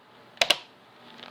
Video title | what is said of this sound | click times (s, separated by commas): How To Build A Video Editing PC - Part 2 - Assembly | until it clicks. Now our RAM is installed. | 0.4 s, 0.5 s